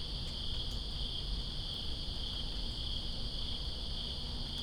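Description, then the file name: A constant high cricket drone runs the whole time, with rain hissing below and a few crisp drop taps. Crickets in Greensboro on September 2, 2017, during rain. "Greensboro Crickets And Rain September 02 2017"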